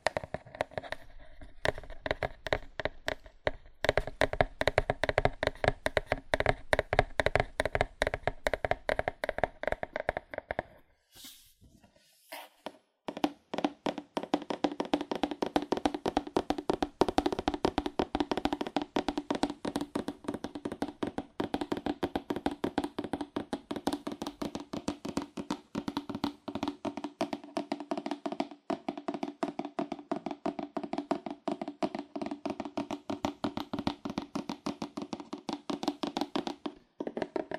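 Fast, aggressive tapping on cardboard, a dense run of sharp, hollow hits with almost no gaps between them. Around eleven seconds the tapping breaks off briefly with a couple of scratchy strikes, then resumes just as rapid, slightly lower and fuller, until the end.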